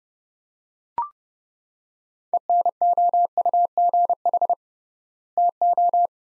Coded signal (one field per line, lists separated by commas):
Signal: Morse code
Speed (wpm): 30 wpm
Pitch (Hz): 700 Hz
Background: none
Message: ENOUGH TO